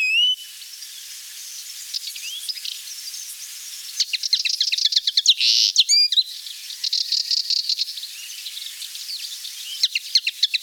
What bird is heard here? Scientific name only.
Linaria cannabina